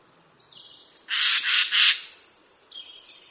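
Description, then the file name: Eurasian jay giving a harsh, rasping screech in three quick noisy bursts over about a second, with thin whistled notes from another bird before and after. "Garrulus glandarius"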